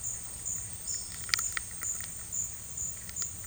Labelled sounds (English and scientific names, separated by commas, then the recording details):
none
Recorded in dense forest near Puerto Asís, Putumayo, Colombia, on 19 March 2025 at 12:00
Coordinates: 0.484, -76.317
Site G064